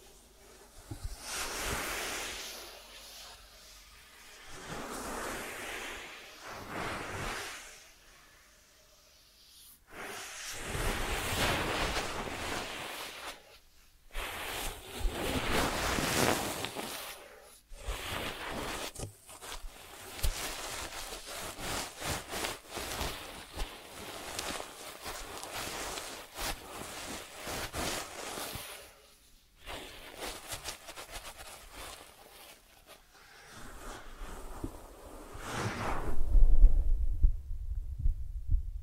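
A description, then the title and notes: ASMR ear treatment sounds: soft rustling and scratching strokes come in bursts, some slow and swelling, others quick and crackly. Short silent gaps break the sequence near 10, 14 and 29 seconds, and a louder low, muffled rumble arrives around 36 seconds. ASMR 3D Brain Penetrating Ear Treatment.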